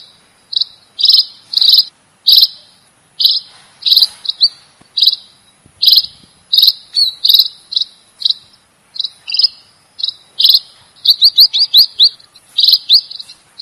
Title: Erythrura Psittacea